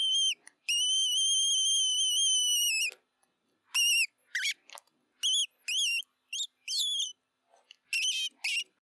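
Mouse squeaks: one long, steady, high piping squeak lasting about two seconds, followed by a string of short, clear squeaks of varying length.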